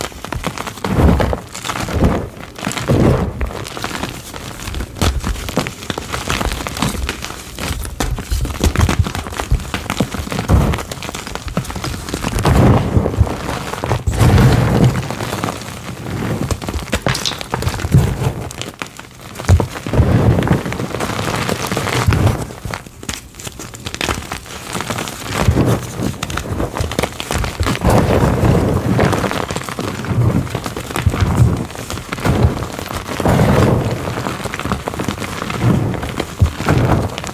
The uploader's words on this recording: 25+ Plain Soft Chalk Blocks. Fast, loud, aggressive ASMR crunchy sounds, oddly satisfying asmr gym chalk crushing sounds.